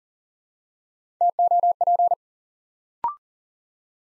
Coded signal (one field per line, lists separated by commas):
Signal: Morse code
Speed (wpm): 42 wpm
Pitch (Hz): 700 Hz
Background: none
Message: TOP